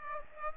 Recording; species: mosquito wingbeat signal from an infrared sensor; Aedes aegypti